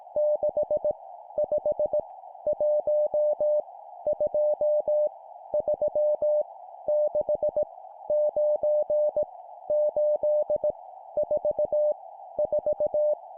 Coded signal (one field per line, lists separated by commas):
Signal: Morse code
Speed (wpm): 18 wpm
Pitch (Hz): 600 Hz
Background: none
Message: 6 5 1 2 3 6 9 8 4 4